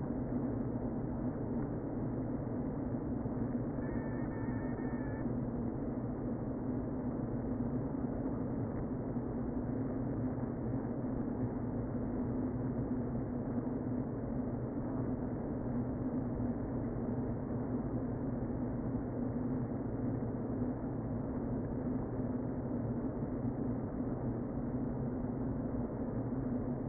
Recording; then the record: honeybee colony, microphone inside the hive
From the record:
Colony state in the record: queen present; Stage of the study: before two queens were removed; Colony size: about 60,000 bees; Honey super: yes